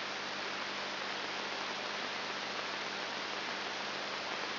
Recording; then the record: brain microelectrode recording played as sound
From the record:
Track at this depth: inside the subthalamic nucleus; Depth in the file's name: 5.101 mm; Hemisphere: left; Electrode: 3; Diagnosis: Parkinson's disease